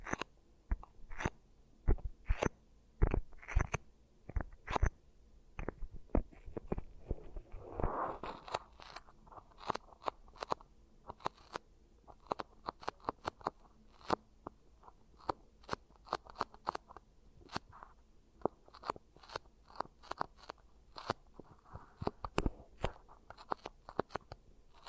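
Beeswax rubbed and pressed around the ear gives a dense run of sharp crackles and sticky pops, arriving irregularly several times a second throughout. Around eight seconds a brief smoother rubbing swell rises beneath the clicks, and a lighter one returns near twenty-two seconds.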